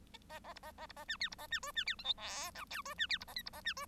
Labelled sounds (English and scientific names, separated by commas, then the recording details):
Bengalese Finch (Lonchura striata domestica) song
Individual Bird1